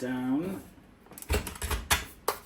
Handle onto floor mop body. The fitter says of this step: You'll hear a click, and that clicks into position there at the back.